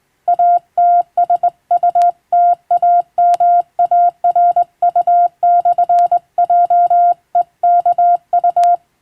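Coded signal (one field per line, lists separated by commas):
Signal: Morse code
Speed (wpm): 21 wpm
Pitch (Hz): 700 Hz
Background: none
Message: ATSUTAMARU/JEKU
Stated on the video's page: Morse receiving practice for amateur radio, sent by a first-class radiotelegraph operator from a Latin-alphabet telegram sending practice book.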